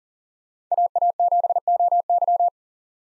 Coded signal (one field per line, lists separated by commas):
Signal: Morse code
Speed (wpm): 40 wpm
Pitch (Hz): 700 Hz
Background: none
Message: AA7OY